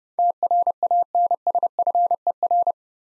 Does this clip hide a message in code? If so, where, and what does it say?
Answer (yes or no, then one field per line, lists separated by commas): yes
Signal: Morse code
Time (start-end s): 0.2-2.7 s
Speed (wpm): 30 wpm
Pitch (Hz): 700 Hz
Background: none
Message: TRANSFER